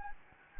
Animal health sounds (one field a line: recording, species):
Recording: mosquito wingbeat signal from an infrared sensor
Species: Anopheles gambiae